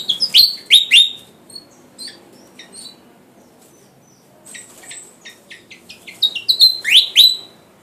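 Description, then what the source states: Flycatcher singing loud downslurred whistles, then scattered thin high notes and soft ticking, building again to a pair of strong piercing whistles. Sikatan Jawa, described as gacor (singing vigorously); kipasan style.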